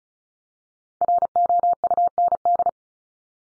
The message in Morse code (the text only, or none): ROUND